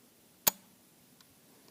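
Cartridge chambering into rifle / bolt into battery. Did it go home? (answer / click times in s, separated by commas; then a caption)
partly / 0.5 s. The bolt of a Noreen Firearms BN36 Assassin long-range rifle in .300 Win Mag is released to chamber a round, giving one sharp metallic clack at 0.5 s, followed by two faint ticks near 1.2 s and 1.7 s. The round is only partly chambered: the bolt does not go fully home and is not seated all the way.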